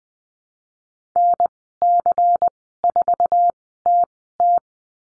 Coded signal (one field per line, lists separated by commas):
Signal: Morse code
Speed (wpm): 20 wpm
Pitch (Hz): 700 Hz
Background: none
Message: NC4TT